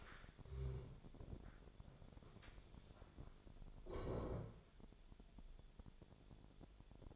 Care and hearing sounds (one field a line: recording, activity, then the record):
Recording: daily activity, microphone in the room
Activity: stand up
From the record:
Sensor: 5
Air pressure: 1000.5 hPa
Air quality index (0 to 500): 140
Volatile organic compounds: 2 ppm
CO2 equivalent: 1088 ppm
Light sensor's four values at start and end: 44/102/42/44 and 44/102/42/44